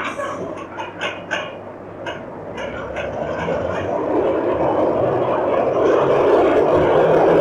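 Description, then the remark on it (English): An Underground train to Piccadilly pulls out of the station, starting with a few scattered clanks and clicks before a broad, steady rumble swells and grows louder as it gathers speed. “When's the next train to Piccadilly? There's one leaving right now.”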